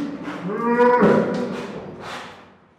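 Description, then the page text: Brown bear giving a drawn-out, harmonic bellowing roar that swells in the middle and then fades, with a rougher second burst near the end. Captive brown bear in a zoo in Madrid, Spain, roaring as if calling for help. "Zoo de Madrid: oso pardo ruge pidiendo ayuda"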